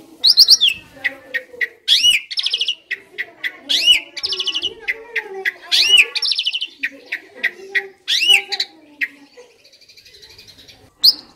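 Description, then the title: Asian pied starling song, a varied mix of harsh squawks, rising whistles and rapid buzzy rattles, with a stretch of faint twittering near the end. Training audio (masteran) for caged songbirds that sing too little or are sluggish. "Masteran Jalak Suren AMPUH Dan EFEKTIF Atasi Burung KURANG GACOR Dan LOYO"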